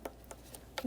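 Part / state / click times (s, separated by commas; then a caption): red locking tab on throttle body electrical connector / seated / 0.8 s. A red plastic locking tab is pushed back in on the throttle body electrical connector of a 2011-2021 Jeep Grand Cherokee 3.6L V6 during throttle body assembly replacement, after the connector has been pushed on and locked. Several small, sharp ticks are heard, and the loudest snap at 0.8 s is the tab seating home.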